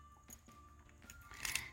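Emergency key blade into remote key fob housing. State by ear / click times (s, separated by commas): not seated / none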